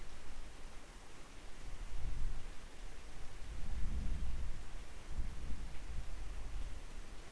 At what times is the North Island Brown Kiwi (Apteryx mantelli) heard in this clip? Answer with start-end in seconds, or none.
none